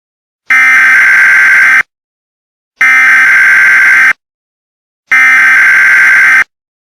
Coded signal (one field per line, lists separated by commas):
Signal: Emergency Alert System (SAME) tones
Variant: header bursts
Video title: Hell (2020) (EAS Scenario)